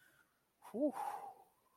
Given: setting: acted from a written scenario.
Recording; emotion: vocal sound without words; relief